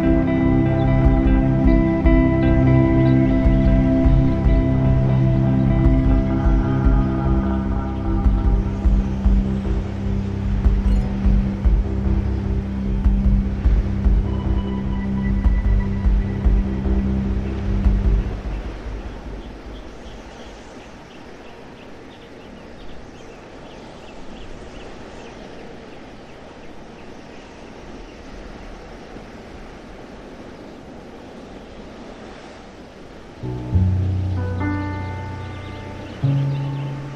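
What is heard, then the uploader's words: Ambient music with sustained, layered chords fills the first eighteen seconds over a soft windy hiss, then fades away, leaving steady wind-swept countryside air with a low rumble. Around thirty-three seconds the music swells back in, louder and full. Windy Countryside - Ambience and Ambient Music. Wind-swept summer countryside, with ambient sounds and beautiful ambient music.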